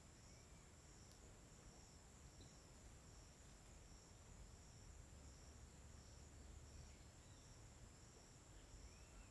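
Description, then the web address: Crickets keep up a steady high trill without pause over low background noise. Daytime ambience on a riverbank in the forest, with steady, uniform crickets, in Tocantins. "Ambiente na beira do rio na mata com passaros e grilos homogeneos dia. local tocantins"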